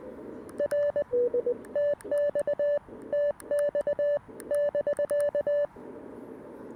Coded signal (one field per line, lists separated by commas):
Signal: Morse code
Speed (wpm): 20 wpm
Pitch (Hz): 1750 Hz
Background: none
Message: R TX TX <BK>